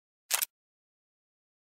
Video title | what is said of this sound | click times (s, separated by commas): Recaro dječje autosjedalice Young sport 2.0 (9-36kg) | close the belt lock with an audible clicking sound | 0.4 s